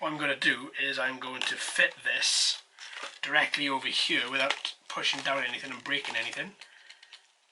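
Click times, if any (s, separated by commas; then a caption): 6.9 s, 7.0 s, 7.1 s. Someone talks while fitting a plastic assembly part onto the foam airframe of an XK X520 VTOL RC plane by hand, taking care not to press on anything fragile. The talking stops, then three short plastic clicks come at 6.9, 7.0 and 7.1 seconds as the part clicks into place and is seated.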